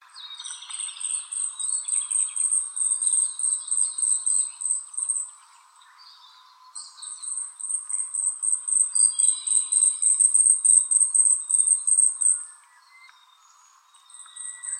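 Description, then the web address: Asian stubtail song: a thin, very high-pitched run of rapid insect-like ticking notes lasting about five seconds, a pause, then another run. "birdenaga yabusame"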